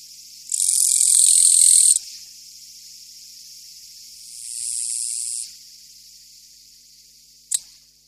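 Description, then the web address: Japanese katydid buzzy chirping: a long high rasping burst, a pause, then a softer second burst, and a brief click near the end. "sikioto insect kirigirisu"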